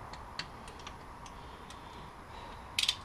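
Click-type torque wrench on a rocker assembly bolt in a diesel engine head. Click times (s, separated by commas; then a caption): 2.8 s. A click-type torque wrench tightens a bolt on the rocker/exhaust (Pac) brake assembly in the head of a 6.7 Cummins diesel engine. Faint ticks sound over a steady low hiss, then a sharp triple-burst click at 2.8 s shows the wrench reaching its torque setting.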